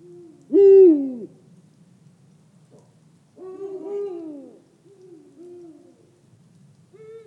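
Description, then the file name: Eurasian eagle-owl calls: a loud, rough, downslurred hoot opens, followed by several quieter, low, sliding hoots over a faint low hum. "Der Uhu Ruf Voegel in Europa"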